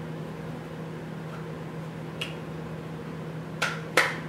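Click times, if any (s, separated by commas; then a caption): 4.0 s. An AK-47 rifle magazine is pushed into a belt-mounted magazine holder over a steady low hum. A faint tap comes at 2.2 s and a sharper knock at 3.6 s, then the loudest, sharpest click at 4.0 s as the magazine seats and locks in the holder.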